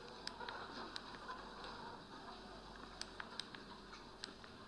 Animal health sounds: poultry house recording; healthy chickens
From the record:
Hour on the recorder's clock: 9

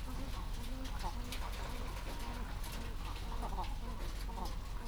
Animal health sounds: poultry house recording; sick chickens (respiratory disease)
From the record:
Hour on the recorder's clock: 14

